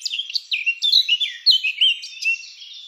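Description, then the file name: Eurasian blackcap song: a rapid run of clear, varied whistled notes sliding between high and mid pitch, loud and continuous for about three seconds. "Sylvia atricapilla"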